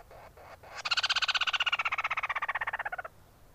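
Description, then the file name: Ruddy-breasted crake call, a fast, even run of hard, knocking notes lasting about two seconds, falling slightly in pitch, over a faint steady hiss. Recorded 7 January 2024. "170 hikuina 20240107"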